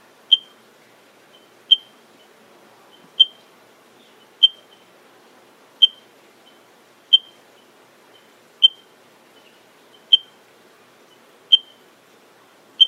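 Eiffinger's tree frog calling: short, sharp, high clicking notes repeated about every one and a half seconds, ten in all, over a quiet background.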